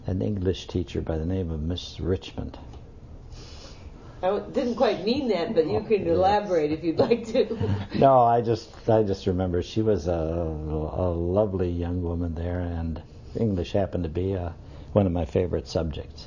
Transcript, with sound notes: an English teacher by the name of Miss Richmond.
I didn't quite mean that, but you can elaborate if you like to. ( she laughs )
No. I just remember she was a lovely young woman there, and English happened to be one of my favorite subjects.